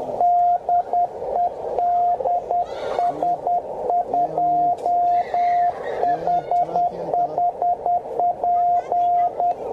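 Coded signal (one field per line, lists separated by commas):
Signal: Morse code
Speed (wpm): 11 wpm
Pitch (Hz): 690 Hz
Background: radio noise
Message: DE DS2HHP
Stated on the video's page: QRP CW from an FT-817 during a bicycle trip.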